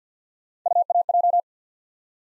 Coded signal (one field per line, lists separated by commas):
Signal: Morse code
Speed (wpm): 50 wpm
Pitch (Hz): 700 Hz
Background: none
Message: UAJ